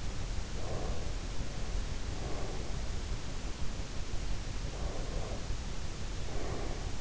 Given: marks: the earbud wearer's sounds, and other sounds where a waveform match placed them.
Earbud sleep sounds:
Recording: sounds in sleep by an in-ear microphone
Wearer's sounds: breath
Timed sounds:
0.36-2.92 s: breath
4.50-6.99 s: breath

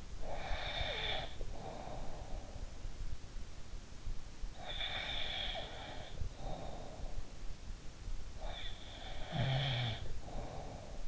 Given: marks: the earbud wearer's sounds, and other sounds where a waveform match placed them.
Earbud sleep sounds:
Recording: sounds in sleep by an in-ear microphone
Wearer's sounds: snoring breath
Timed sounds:
0.00-2.60 s: snoring breath
4.58-7.12 s: snoring breath
8.32-11.08 s: snoring breath

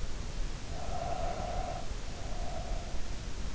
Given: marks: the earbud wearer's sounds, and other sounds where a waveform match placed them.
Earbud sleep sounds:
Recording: sounds in sleep by an in-ear microphone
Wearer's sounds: breath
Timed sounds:
0.62-3.53 s: breath

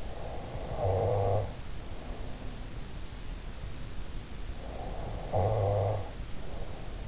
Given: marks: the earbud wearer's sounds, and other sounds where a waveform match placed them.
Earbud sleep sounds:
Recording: sounds in sleep by an in-ear microphone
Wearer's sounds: snoring breath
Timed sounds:
0.05-2.74 s: snoring breath
4.51-7.08 s: snoring breath

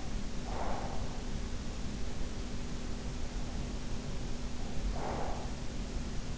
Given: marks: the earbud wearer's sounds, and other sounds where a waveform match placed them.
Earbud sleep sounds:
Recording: sounds in sleep by an in-ear microphone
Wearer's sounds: breath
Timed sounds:
0.07-1.60 s: breath
4.60-6.19 s: breath

